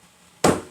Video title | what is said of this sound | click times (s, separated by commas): Jeep Patriot Rear Bumper step replacement. (Ebay Fail) | you'll hear it snap in there we go | 0.4 s